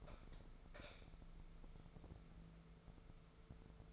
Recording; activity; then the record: daily activity, microphone in the room; light on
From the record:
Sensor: 5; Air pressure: 1014.6 hPa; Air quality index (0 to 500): 151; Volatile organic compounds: 4 ppm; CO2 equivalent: 1663 ppm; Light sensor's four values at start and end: 199/478/201/221 and 201/483/203/223